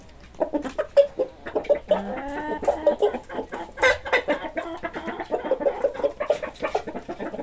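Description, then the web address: Chickens clucking: many short low clucks and a few longer drawn-out notes. "hobokenchicken kira. chickens"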